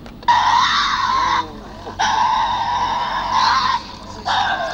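Tasmanian devil giving harsh, raspy screeching calls in three long bursts of one to nearly two seconds each, separated by brief quieter stretches, the last cut off at the end.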